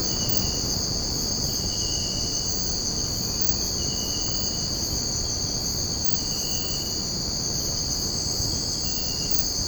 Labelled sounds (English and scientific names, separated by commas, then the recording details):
none
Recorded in secondary vegetation near Puerto Asís, Putumayo, Colombia, on 13 March 2025 at 02:30
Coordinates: 0.481, -76.318
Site G097